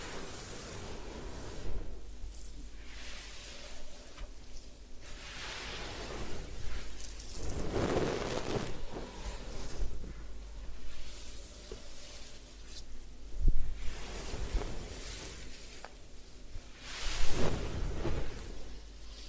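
A head spa hair wash with steady rustling and splashing, swelling into bursts of scrubbing and water around eight, thirteen and seventeen seconds.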